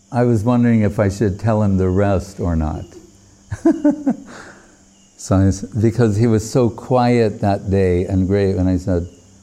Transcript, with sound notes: I was wondering if I should tell him the rest or not. [laughing] Since because he was so quiet that day and grave, and I said,